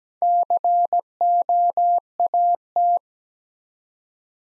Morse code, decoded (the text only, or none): COAT